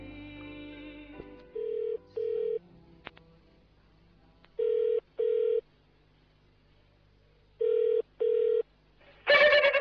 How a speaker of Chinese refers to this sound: 根据电话按钮所发出来的声音，我查得到这个人的电话号码。